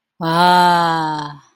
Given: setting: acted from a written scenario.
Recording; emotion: vocal sound without words; awe